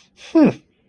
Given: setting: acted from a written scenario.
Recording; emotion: vocal sound without words; contempt